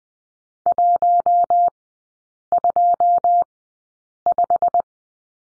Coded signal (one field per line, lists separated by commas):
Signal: Morse code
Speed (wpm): 20 wpm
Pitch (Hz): 700 Hz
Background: none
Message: 125